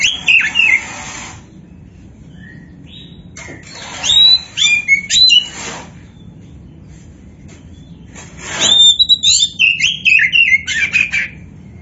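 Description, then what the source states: Oriental magpie-robin song in irregular bursts of sharp whistles and warbles, over a steady background hum. A 'kacer poci' type magpie-robin described as 'gacor', the bird-keepers' term for a bird in full, continuous song.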